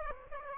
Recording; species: mosquito wingbeat signal from an infrared sensor; Aedes aegypti